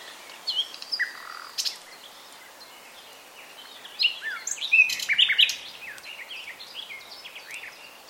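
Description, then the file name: Common nightingale song in scattered phrases: sharp whistles and clicks, with a loud burst of mixed notes in the middle. "Luscinia megarhynchos"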